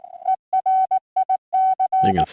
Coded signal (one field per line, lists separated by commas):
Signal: Morse code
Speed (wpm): 18 wpm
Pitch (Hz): 750 Hz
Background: speech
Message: ERIC